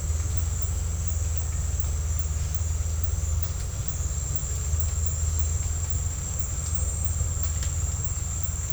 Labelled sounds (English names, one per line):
none